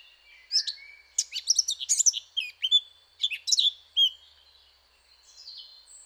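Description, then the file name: Eurasian blackcap song: quick, varied warbled phrases of clear whistles and sharp chips in bursts, then a soft, quiet twitter. "Sylvia atricapilla"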